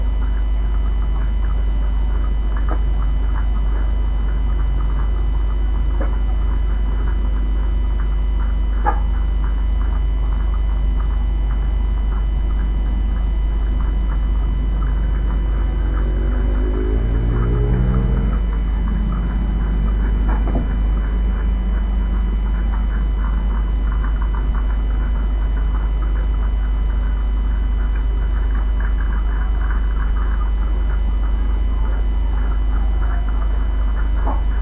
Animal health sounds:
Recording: poultry house recording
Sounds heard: sick chickens (respiratory disease)

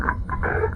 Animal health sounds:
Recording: poultry house recording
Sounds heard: sick chickens (respiratory disease)

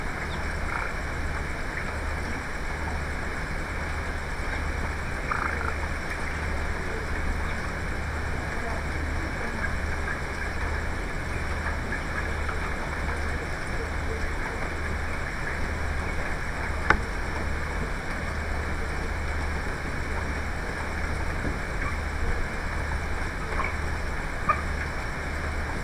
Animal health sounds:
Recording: poultry house recording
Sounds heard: healthy chickens

